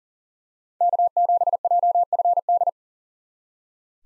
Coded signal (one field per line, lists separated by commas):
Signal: Morse code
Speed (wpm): 40 wpm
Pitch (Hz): 700 Hz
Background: none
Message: K7JFD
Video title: 2023 SOTA Chaser Call Signs - 40wpm